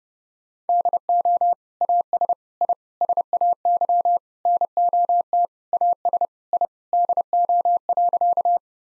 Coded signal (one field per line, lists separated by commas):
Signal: Morse code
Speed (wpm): 30 wpm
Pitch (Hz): 700 Hz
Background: none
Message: DO AS I SAY NOT AS I DO.